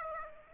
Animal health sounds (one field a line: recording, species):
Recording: mosquito wingbeat signal from an infrared sensor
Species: Aedes aegypti